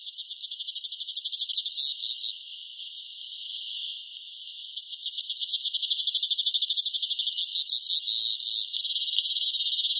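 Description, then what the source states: Northern pipit giving rapid, high trills of repeated ticking notes in runs, separated by blurred, softer buzzing stretches. Bird call.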